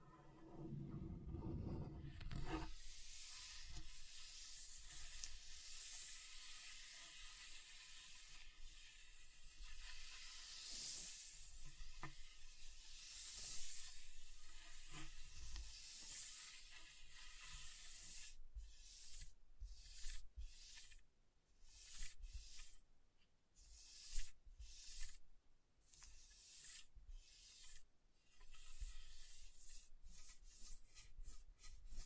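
Scratching across a table surface makes a dense, hissing rasp that runs steadily for the first eighteen seconds after a brief low thump at the start. From about eighteen seconds the scratching breaks into short, separate strokes with gaps between them, quickening toward the end.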